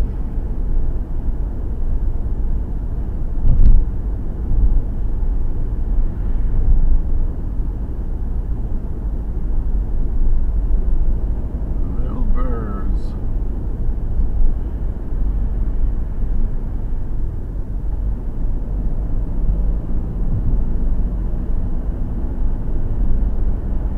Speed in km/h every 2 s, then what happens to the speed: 68, 68, 68, 68, 66, 66, 68, 64, 60, 61, 69, 71.
0-13 steady at about 68. 13-17 slows to 60. 17-24 speeds up to 71.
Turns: none.